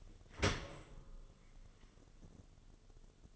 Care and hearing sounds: daily activity, microphone in the room; open dishwasher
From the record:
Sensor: 4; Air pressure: 1015.8 hPa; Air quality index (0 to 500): 96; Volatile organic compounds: 2 ppm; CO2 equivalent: 1079 ppm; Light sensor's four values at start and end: 8/18/7/7 and 8/18/7/7

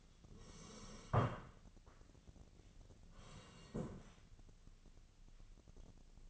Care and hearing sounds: daily activity, microphone in the room; sit down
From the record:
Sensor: 4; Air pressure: 1013.1 hPa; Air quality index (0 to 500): 174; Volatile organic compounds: 2 ppm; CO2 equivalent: 1100 ppm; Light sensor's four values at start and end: 52/128/54/58 and 52/129/55/58

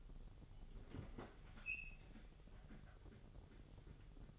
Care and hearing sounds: daily activity, microphone in the room; open fridge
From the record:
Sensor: 4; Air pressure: 989.2 hPa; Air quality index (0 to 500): 224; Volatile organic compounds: 83 ppm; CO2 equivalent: 3635 ppm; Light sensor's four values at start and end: 26/91/33/35 and 25/89/33/35

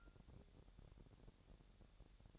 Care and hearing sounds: daily activity, microphone in the room; take from stove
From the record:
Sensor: 3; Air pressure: 1012.1 hPa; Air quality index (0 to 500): 197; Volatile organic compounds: 3 ppm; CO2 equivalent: 1480 ppm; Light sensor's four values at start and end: 121/286/118/107 and 121/286/118/107

